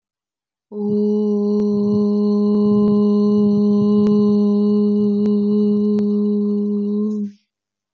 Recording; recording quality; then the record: sustained vowel as in boot; excellent, no background noise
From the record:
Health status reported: healthy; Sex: female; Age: 27 years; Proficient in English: yes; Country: India